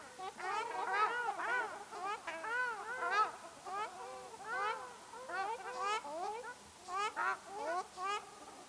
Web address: sound Ruddy-shelduck